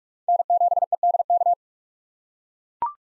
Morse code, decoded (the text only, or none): N7EDK